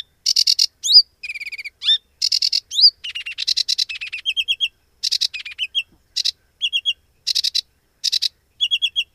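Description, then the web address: Sedge warbler song mixing rasping chatter, sweet repeated trilled notes and rising whistled slurs in a varied, energetic sequence. "Madardalok - Foltos nádiposzáta"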